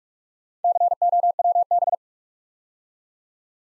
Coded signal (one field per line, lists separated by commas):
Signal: Morse code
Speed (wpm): 44 wpm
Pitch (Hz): 700 Hz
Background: none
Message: COWB